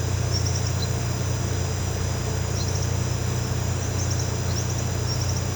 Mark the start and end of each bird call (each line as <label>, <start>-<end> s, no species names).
bird call, 0.29-0.91 s
bird call, 2.51-2.84 s
bird call, 3.78-5.55 s